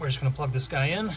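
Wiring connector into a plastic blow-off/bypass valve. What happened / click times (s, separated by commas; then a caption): Handled, not yet home: connector about to be plugged in / none. An electrical connector is being plugged into the plastic housing of a GFB DV+ T9358 bypass (blow-off) valve during the valve install. Someone talks throughout the short clip. Nothing has seated or clicked yet.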